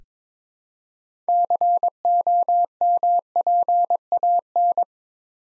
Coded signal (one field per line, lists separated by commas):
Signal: Morse code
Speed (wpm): 22 wpm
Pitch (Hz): 700 Hz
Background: none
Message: COMPAN